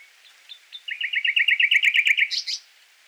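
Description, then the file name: Common nightingale song: a few thin introductory notes, then a rapid loud rattle of repeated notes that swells and ends in sharp high notes. "Luscinia megarhynchos"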